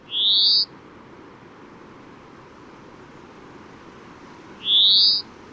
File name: Chloris chloris